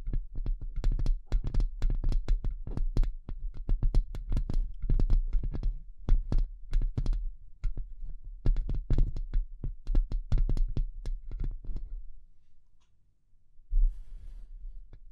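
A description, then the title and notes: Delicate tapping comes in quick, irregular clusters of sharp, crisp clicks over a steady low hum. Around twelve seconds the tapping fades to near silence, then a few sparse taps and a brief low rumble return near the end. ASMR Delicate Tapping (No Talking).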